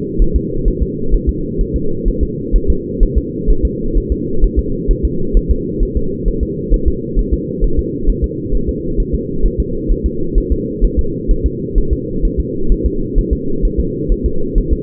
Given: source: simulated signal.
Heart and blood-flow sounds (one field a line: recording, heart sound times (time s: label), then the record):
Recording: fetal heart sounds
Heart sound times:
0.22 s: S1
0.36 s: S2
0.68 s: S1
0.83 s: S2
1.14 s: S1
1.29 s: S2
1.61 s: S1
1.76 s: S2
2.08 s: S1
2.23 s: S2
2.56 s: S1
2.70 s: S2
3.03 s: S1
3.18 s: S2
3.50 s: S1
3.65 s: S2
3.97 s: S1
4.12 s: S2
4.44 s: S1
4.59 s: S2
4.91 s: S1
5.05 s: S2
5.37 s: S1
5.51 s: S2
5.83 s: S1
5.97 s: S2
6.28 s: S1
6.43 s: S2
6.74 s: S1
6.88 s: S2
7.19 s: S1
7.34 s: S2
7.64 s: S1
7.79 s: S2
8.09 s: S1
8.24 s: S2
8.55 s: S1
8.69 s: S2
9.00 s: S1
9.15 s: S2
9.46 s: S1
9.60 s: S2
9.92 s: S1
10.06 s: S2
10.38 s: S1
10.52 s: S2
10.84 s: S1
10.99 s: S2
11.31 s: S1
11.46 s: S2
11.78 s: S1
11.93 s: S2
12.25 s: S1
12.40 s: S2
12.72 s: S1
12.86 s: S2
13.18 s: S1
13.33 s: S2
13.65 s: S1
13.80 s: S2
14.12 s: S1
14.26 s: S2
14.58 s: S1
14.73 s: S2
From the record:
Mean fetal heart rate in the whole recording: 130 bpm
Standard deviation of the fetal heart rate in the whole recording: 2 bpm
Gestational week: 38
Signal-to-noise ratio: -8.1 dB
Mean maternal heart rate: 72 bpm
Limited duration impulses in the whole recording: absent